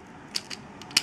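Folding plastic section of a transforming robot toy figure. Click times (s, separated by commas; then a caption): 1.0 s. A folding plastic section of a transforming robot action figure is pushed in during transformation, with a few faint plastic clicks and ticks before it. It snaps into its locked position with a sharp, loud snap at 0.97 seconds.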